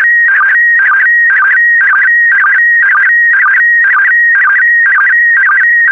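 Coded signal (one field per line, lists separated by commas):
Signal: SSTV (slow-scan television)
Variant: PD120 mode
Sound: steady whistling tone broken twice a second by warbling chirps and low blips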